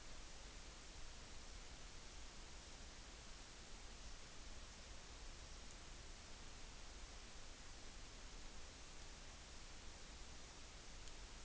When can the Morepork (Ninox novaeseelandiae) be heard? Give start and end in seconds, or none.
none